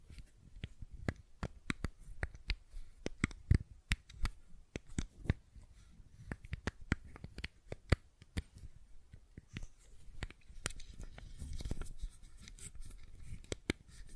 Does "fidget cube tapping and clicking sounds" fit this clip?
yes